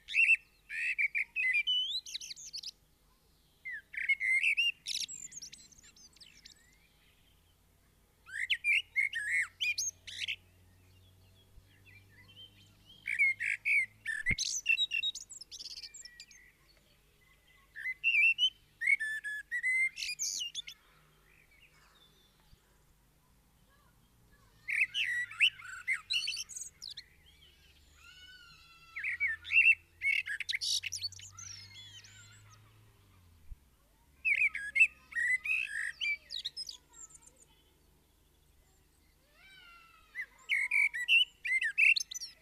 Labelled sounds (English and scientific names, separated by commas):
Common Blackbird (Turdus merula) song